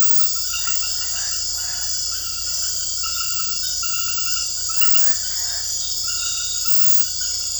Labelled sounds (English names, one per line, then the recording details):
none
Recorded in dense forest near Puerto Asís, Putumayo, Colombia, on 18 February 2024 at 23:00
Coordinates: 0.487, -76.319
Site G6403